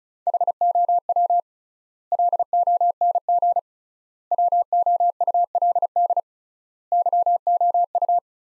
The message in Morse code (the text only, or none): HOW LONG WOULD YOU